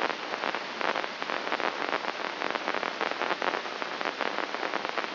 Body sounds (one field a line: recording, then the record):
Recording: brain microelectrode recording played as sound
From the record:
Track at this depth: inside the subthalamic nucleus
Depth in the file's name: 4.23 mm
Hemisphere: left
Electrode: 3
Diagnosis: Parkinson's disease